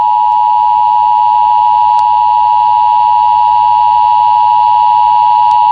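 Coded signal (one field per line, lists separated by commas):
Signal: Emergency Alert System (SAME) tones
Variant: 853 and 960 Hz attention tone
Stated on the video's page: Simulated EAS scenario of a missile disaster, made with an EAS simulator tool, not a real alert.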